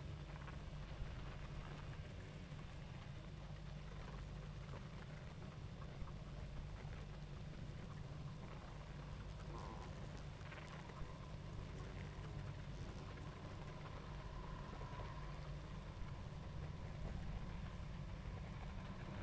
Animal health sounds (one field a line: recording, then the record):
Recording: honeybee colony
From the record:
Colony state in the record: active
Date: 28 July 2017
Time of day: 20:22